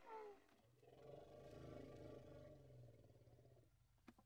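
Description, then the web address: Indian elephant giving a deep, sustained, harmonic rumbling call lasting about three seconds, with a sharp higher sound just before it and a faint click at the end. Two Indian elephants, in the Indian countryside. "BBC Sound Effects Library. India Pakistan Nepal. Two Indian Elephants"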